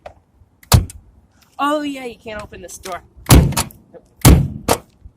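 Someone talks while handling the door latch of a 1972 Mercedes-Benz 220D car door, which won't stay shut, and several sharp, loud thunks ring out from the door. Nothing has seated or clicked yet; the latch has not caught shut by the end of the clip.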